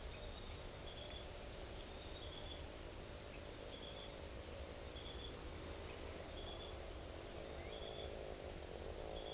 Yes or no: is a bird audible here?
no